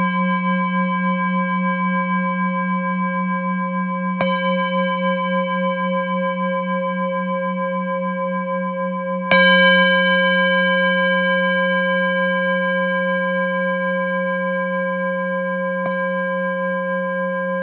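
Tibetan singing bowls hum in a steady, layered drone with a low pulsing tone and clear ringing overtones above. Bowls are struck near 4 seconds, more firmly at about 9 seconds, and lightly near 16 seconds, each strike swelling the ring before it slowly fades.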